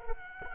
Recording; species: mosquito wingbeat signal from an infrared sensor; Culex quinquefasciatus